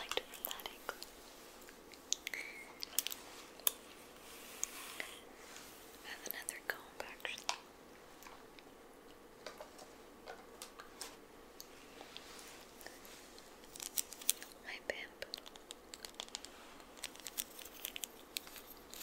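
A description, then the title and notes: Hair is brushed, with quick scratchy strokes and crisp ticking bristle snaps scattered throughout. The sounds are bright and dry, arriving in irregular clusters with brief pauses, some louder bursts near the middle and end. A quiet hum sits underneath. ASMR Hair Brushing.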